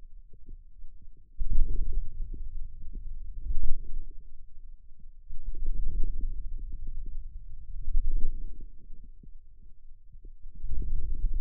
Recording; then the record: forearm muscle sounds (acoustic myography)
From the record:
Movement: ulnar deviation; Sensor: system 2, bracelet of six BSWA MPA416 microphones around the upper forearm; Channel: 5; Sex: male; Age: 22 years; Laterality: right